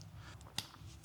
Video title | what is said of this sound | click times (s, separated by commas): Vespa GTS 310 Kennzeichen höherlegen – so wirkt das Heck sofort sportlicher | Oui, ils s'enclenchent. Ils ont une sorte de petite languette. Ils s'enclenchent. | 0.6 s